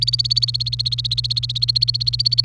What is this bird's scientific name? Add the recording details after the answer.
Serinus canaria. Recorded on 28 April 2018 at 10:38. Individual llb3